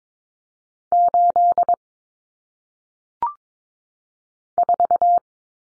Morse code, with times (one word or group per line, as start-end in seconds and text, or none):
0.9-1.7 8
4.6-5.2 4